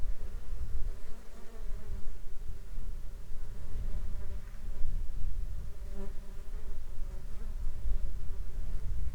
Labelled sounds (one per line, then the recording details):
insects
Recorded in the Arctic National Wildlife Refuge, Alaska, on 17 July 2021 at 11:46
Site 33